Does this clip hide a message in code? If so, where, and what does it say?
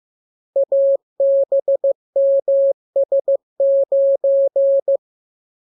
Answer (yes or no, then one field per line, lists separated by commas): yes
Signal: Morse code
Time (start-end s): 0.6-5.0 s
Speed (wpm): 15 wpm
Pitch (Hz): 550 Hz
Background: none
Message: ABMS9